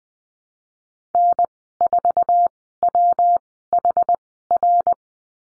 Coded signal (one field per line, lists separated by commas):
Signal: Morse code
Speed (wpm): 20 wpm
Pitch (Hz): 700 Hz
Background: none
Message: N4WHR